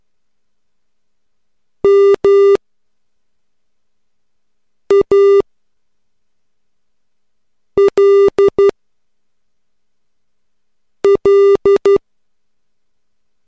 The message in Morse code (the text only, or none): MALL